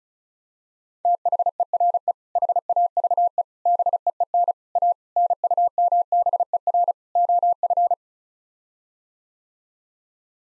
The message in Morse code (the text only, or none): THERE HAVE BEEN A NUMBER OF